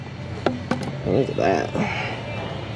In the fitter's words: they just don't pop that easy and then this one we're just gonna go ahead and give it a little tug